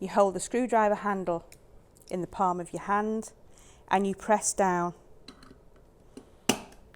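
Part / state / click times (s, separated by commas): screwdriver blade tip into the head of a mandible reconstruction screw / seated / 6.5 s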